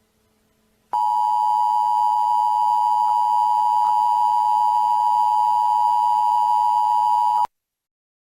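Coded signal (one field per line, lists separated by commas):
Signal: Emergency Alert System (SAME) tones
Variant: 853 and 960 Hz attention tone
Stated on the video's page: Fictional mock EAS scenario.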